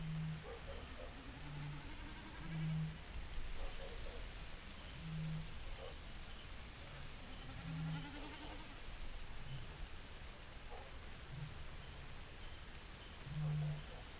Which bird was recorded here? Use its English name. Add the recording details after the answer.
Common Snipe. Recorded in the wild. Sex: male. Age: adult. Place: Kützerhof, Kummerower See, Mecklenburg-Vorpommern, DE. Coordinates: 53.8506, 12.8581. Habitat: wetland. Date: 2008-06-10 23:04. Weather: ca. 15°C. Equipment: Sound Devices 702, Sennheiser MKH 70, Windkorb. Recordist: Frommolt, Karl-Heinz. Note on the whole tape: Wiedervernässungsfläche Polder Große Rosin: Balzflug (Meckern) einer Bekassine - entfernt